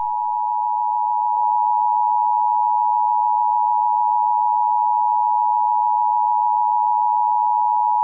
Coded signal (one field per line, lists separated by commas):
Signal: Emergency Alert System (SAME) tones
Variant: 853 and 960 Hz attention tone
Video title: EAS Scenario Story #6: World of Light: Chapter 2